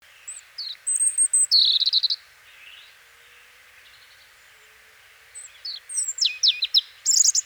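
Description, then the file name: European robin song with a high drawn-out whistle, a fast trill, then after a pause sharp descending notes and more high whistles. "Erithacus rubecula"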